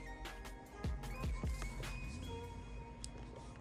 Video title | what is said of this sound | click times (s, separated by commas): UNBOXING APPLE WATCH SERIES 6 40MM & REVIEW | okay i don't know if you guys heard that click but i heard it | 3.0 s